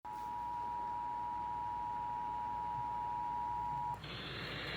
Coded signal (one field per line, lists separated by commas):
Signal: Emergency Alert System (SAME) tones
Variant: 853 and 960 Hz attention tone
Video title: Yet Another Severe Thunderstorm Warning from WSTO (EAS #213)